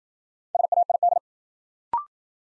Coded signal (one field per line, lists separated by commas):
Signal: Morse code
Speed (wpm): 53 wpm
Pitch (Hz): 700 Hz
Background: none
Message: SAID